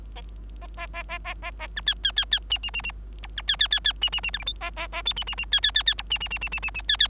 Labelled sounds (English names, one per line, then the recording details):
Bengalese Finch song
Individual Bird3